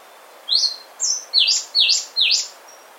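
White-rimmed brush finch phrase of five high, sharp whistled notes, the last three dropping in pitch, spaced about half a second apart.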